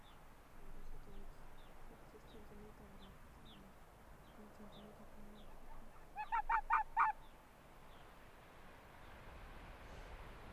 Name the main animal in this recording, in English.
Arctic Fox